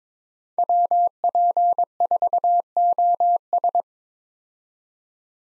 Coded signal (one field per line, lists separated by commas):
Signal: Morse code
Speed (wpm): 22 wpm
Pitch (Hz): 700 Hz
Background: none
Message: WP4OS